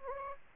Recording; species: mosquito wingbeat signal from an infrared sensor; Anopheles gambiae